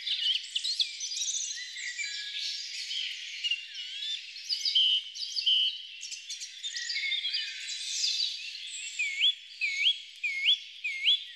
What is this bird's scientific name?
Turdus philomelos